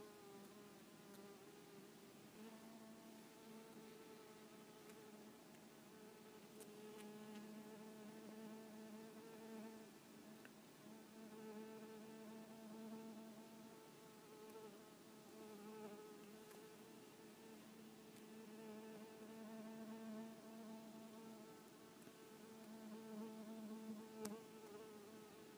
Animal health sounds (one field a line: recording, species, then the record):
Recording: mosquito flight sound by mobile phone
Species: Culiseta incidens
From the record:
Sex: female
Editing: snipped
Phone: iPhone 4S